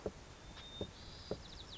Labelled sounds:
White-crowned Sparrow (Zonotrichia leucophrys)
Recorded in Sonoma County, California

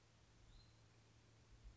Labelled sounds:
Hutton's Vireo (Vireo huttoni)
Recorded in Sonoma County, California

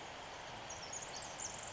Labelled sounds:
Pacific Wren (Troglodytes pacificus)
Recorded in Sonoma County, California

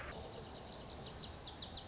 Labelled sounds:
Lazuli Bunting (Passerina amoena)
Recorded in Sonoma County, California

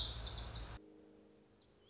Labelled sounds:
Lazuli Bunting (Passerina amoena)
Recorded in Sonoma County, California

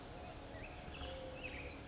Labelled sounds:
California Towhee (Melozone crissalis)
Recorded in Sonoma County, California

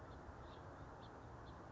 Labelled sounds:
House Finch (Haemorhous mexicanus)
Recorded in Sonoma County, California

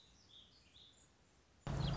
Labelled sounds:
Warbling Vireo (Vireo gilvus)
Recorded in Sonoma County, California

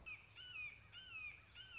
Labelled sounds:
Red-shouldered Hawk (Buteo lineatus)
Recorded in Sonoma County, California

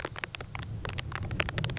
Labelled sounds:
Grasshopper Sparrow (Ammodramus savannarum)
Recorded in Sonoma County, California

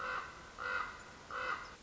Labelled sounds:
Common Raven (Corvus corax)
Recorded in Sonoma County, California

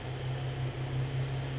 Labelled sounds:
Pacific Wren (Troglodytes pacificus)
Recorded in Sonoma County, California

